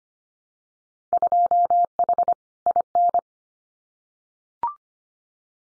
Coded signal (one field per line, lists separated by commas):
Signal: Morse code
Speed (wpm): 25 wpm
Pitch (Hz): 700 Hz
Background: none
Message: 2H IN